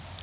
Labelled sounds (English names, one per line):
Blackburnian Warbler flight call